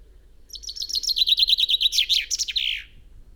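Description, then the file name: Common chaffinch singing one full phrase: a quick series of repeated notes sliding downward, ending in a flourish. "Fringilla coelebs"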